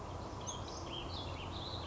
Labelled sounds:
Ash-throated Flycatcher (Myiarchus cinerascens)
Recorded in Sonoma County, California

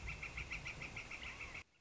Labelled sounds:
Northern Flicker (Colaptes auratus)
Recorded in Sonoma County, California

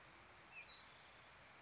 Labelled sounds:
Spotted Towhee (Pipilo maculatus)
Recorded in Sonoma County, California

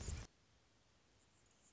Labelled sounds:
Anna's Hummingbird (Calypte anna)
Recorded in Sonoma County, California

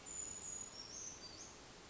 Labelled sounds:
Brown Creeper (Certhia americana)
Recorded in Sonoma County, California

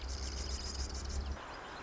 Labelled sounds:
Marsh Wren (Cistothorus palustris)
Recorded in Sonoma County, California

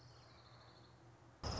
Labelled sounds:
Orange-crowned Warbler (Leiothlypis celata)
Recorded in Sonoma County, California

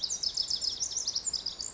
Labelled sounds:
Pacific Wren (Troglodytes pacificus)
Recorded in Sonoma County, California

